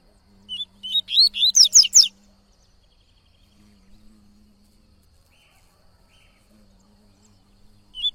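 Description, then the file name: Yellow-bellied seedeater song: one quick phrase of high slurred whistles rising into a buzzy flourish, over a faint low hum, then a single note as another phrase begins. "canto de coleiro baiano"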